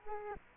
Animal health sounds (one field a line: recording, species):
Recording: mosquito wingbeat signal from an infrared sensor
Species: Culex quinquefasciatus